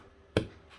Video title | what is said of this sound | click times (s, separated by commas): Laser Cutter - KERF: My Trick for Inlays | you can hear that click and it went in really nicely so this way | 0.4 s